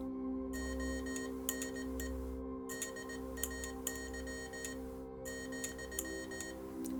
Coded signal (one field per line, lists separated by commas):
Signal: Morse code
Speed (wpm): 18 wpm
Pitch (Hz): 1850 Hz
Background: music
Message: ONE DAY ,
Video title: 🌴✨ Morse Code Messages from the Jungle: Colonel Kurtz’s Secret Affirmations for Cherie’s Sister! 📡🎵💖